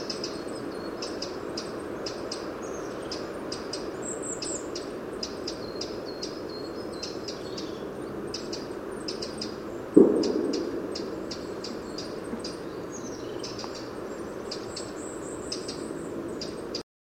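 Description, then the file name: Eurasian wren delivering a long stream of rapid, high ticking notes and trills over constant rushing noise, with a single dull thump near the middle. "Troglodytes troglodytes"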